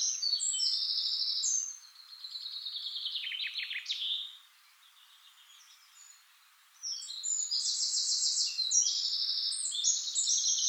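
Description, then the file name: Eurasian blackcap song, rapid high-pitched warbling with buzzy trills, a quiet gap of a few seconds, then a loud, sustained run of twittering phrases. "Sylvia atricapilla"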